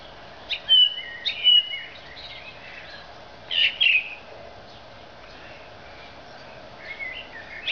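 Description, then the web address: Thrush song with a bright two-note phrase given twice, a pause, then a similar pair repeated, followed by quieter scattered notes. "Zingende lijster"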